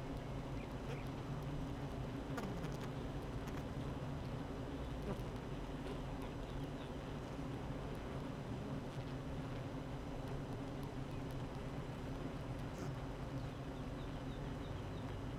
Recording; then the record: honeybee colony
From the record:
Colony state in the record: active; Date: 12 June 2018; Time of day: 8:23